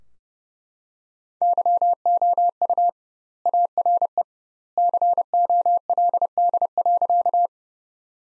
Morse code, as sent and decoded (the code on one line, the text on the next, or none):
-.-- --- ..- / .- .-. . / -.-. --- .-.. -.. .-.-.-
YOU ARE COLD.